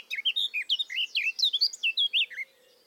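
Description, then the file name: Eurasian blackcap song: a fast run of varied warbled and slurred notes, rising and falling, lasting over two seconds, then stopping abruptly. "Sylvia atricapilla"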